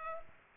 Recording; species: mosquito wingbeat signal from an infrared sensor; Culex pipiens